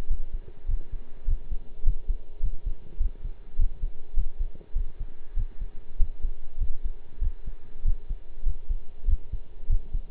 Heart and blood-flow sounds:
heart sounds by stethoscope; between the tricuspid and mitral areas; 100 bpm
0.09 s: heartbeat
0.68 s: heartbeat
1.27 s: heartbeat
1.85 s: heartbeat
2.42 s: heartbeat
2.99 s: heartbeat
3.58 s: heartbeat
4.16 s: heartbeat
4.75 s: heartbeat
5.36 s: heartbeat
5.99 s: heartbeat
6.60 s: heartbeat
7.21 s: heartbeat
7.84 s: heartbeat
8.45 s: heartbeat
9.07 s: heartbeat
9.69 s: heartbeat
From the record:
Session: pedaling a stationary bicycle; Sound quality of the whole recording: partially saturated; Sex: male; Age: 23 years

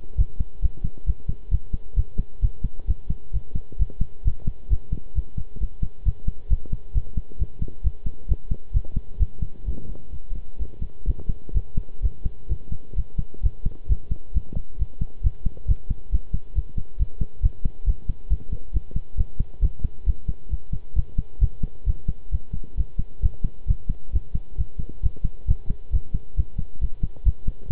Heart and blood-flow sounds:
heart sounds by stethoscope; between the tricuspid and mitral areas; 133 bpm
0.18 s: heartbeat
0.62 s: heartbeat
1.06 s: heartbeat
1.51 s: heartbeat
1.96 s: heartbeat
2.42 s: heartbeat
2.88 s: heartbeat
3.33 s: heartbeat
3.79 s: heartbeat
4.25 s: heartbeat
4.70 s: heartbeat
5.15 s: heartbeat
5.60 s: heartbeat
6.05 s: heartbeat
6.50 s: heartbeat
6.95 s: heartbeat
7.39 s: heartbeat
7.83 s: heartbeat
8.28 s: heartbeat
8.74 s: heartbeat
9.19 s: heartbeat
9.66 s: heartbeat
10.12 s: heartbeat
10.59 s: heartbeat
11.06 s: heartbeat
11.54 s: heartbeat
12.02 s: heartbeat
12.49 s: heartbeat
12.96 s: heartbeat
13.43 s: heartbeat
13.89 s: heartbeat
14.34 s: heartbeat
14.79 s: heartbeat
15.23 s: heartbeat
15.68 s: heartbeat
16.12 s: heartbeat
16.55 s: heartbeat
16.99 s: heartbeat
17.42 s: heartbeat
17.86 s: heartbeat
18.30 s: heartbeat
18.73 s: heartbeat
19.17 s: heartbeat
19.62 s: heartbeat
20.06 s: heartbeat
20.51 s: heartbeat
20.96 s: heartbeat
21.41 s: heartbeat
21.86 s: heartbeat
22.32 s: heartbeat
22.77 s: heartbeat
23.22 s: heartbeat
23.68 s: heartbeat
24.13 s: heartbeat
24.58 s: heartbeat
25.03 s: heartbeat
25.48 s: heartbeat
25.92 s: heartbeat
26.37 s: heartbeat
26.81 s: heartbeat
27.25 s: heartbeat
27.70 s: heartbeat
From the record:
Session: pedaling a stationary bicycle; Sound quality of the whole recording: good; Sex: male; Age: 23 years

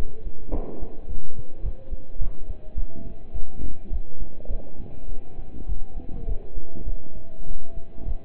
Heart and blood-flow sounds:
heart sounds by stethoscope; between the tricuspid and mitral areas; 103 bpm
0.53 s: heartbeat
1.09 s: heartbeat
1.65 s: heartbeat
2.21 s: heartbeat
2.77 s: heartbeat
3.35 s: heartbeat
3.92 s: heartbeat
4.50 s: heartbeat
5.09 s: heartbeat
5.68 s: heartbeat
6.28 s: heartbeat
6.87 s: heartbeat
7.47 s: heartbeat
8.07 s: heartbeat
From the record:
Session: pedaling a stationary bicycle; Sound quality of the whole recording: partially saturated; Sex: male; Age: 27 years

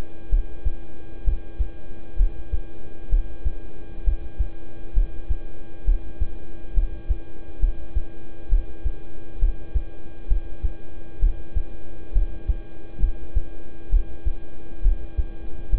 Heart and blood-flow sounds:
heart sounds by stethoscope; between the tricuspid and mitral areas; 66 bpm
0.29 s: heartbeat
1.24 s: heartbeat
2.16 s: heartbeat
3.09 s: heartbeat
4.04 s: heartbeat
4.93 s: heartbeat
5.85 s: heartbeat
6.74 s: heartbeat
7.60 s: heartbeat
8.49 s: heartbeat
9.39 s: heartbeat
10.28 s: heartbeat
11.19 s: heartbeat
12.13 s: heartbeat
13.00 s: heartbeat
13.90 s: heartbeat
14.82 s: heartbeat
15.70 s: heartbeat
From the record:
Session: rest, lying down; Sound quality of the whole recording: good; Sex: male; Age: 26 years

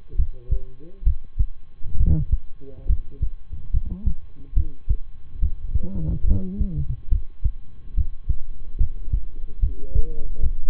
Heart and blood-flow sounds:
heart sounds by stethoscope; between the tricuspid and mitral areas; 70 bpm
0.15 s: heartbeat
1.03 s: heartbeat
1.96 s: heartbeat
2.86 s: heartbeat
3.70 s: heartbeat
4.53 s: heartbeat
5.39 s: heartbeat
6.24 s: heartbeat
7.08 s: heartbeat
7.93 s: heartbeat
8.77 s: heartbeat
9.59 s: heartbeat
10.39 s: heartbeat
From the record:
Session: rest, lying down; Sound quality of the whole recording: good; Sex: male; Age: 23 years

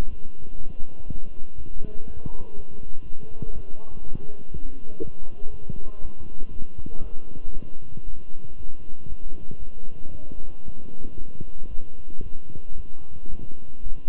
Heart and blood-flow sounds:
heart sounds by stethoscope; between the tricuspid and mitral areas; 118 bpm
0.08 s: heartbeat
0.57 s: heartbeat
1.06 s: heartbeat
1.56 s: heartbeat
2.06 s: heartbeat
2.55 s: heartbeat
3.04 s: heartbeat
3.53 s: heartbeat
4.02 s: heartbeat
4.52 s: heartbeat
5.00 s: heartbeat
5.50 s: heartbeat
6.01 s: heartbeat
6.52 s: heartbeat
7.02 s: heartbeat
7.53 s: heartbeat
8.05 s: heartbeat
8.57 s: heartbeat
9.08 s: heartbeat
9.59 s: heartbeat
10.11 s: heartbeat
10.64 s: heartbeat
11.17 s: heartbeat
11.69 s: heartbeat
12.22 s: heartbeat
12.76 s: heartbeat
13.30 s: heartbeat
13.82 s: heartbeat
From the record:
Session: walking at 3.7 km/h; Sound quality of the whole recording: good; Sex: male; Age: 23 years

